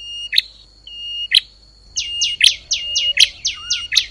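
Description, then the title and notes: Bar-winged prinia calls: sharp clicking chips at first, then a fast run of descending high notes, with a soft low hum underneath. Compilation of songs used for training caged songbirds (masteran). "Kompilasi Suara Ciblek Prenjak Cocok Untuk Masteran. Kicau Burung Prenjak Ciblek"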